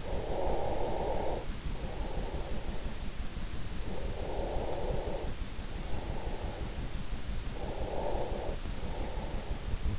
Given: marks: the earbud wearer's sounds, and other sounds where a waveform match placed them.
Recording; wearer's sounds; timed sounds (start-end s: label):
sounds in sleep by an in-ear microphone; breath
0.00-3.08 s: breath
3.54-6.11 s: breath
7.20-9.88 s: breath